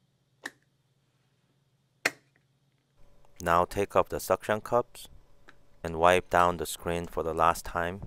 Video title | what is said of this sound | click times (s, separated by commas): 2011 iMac SSD Upgrade with Thermal Sensor w/ resetting NVRAM Tutorial no steps skipped | you want to press all the sides and in the middle and it'll click into place now | 0.5 s, 2.1 s